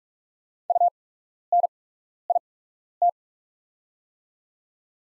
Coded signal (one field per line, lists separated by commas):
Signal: Morse code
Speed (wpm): 44 wpm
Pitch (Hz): 700 Hz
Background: none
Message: UNIT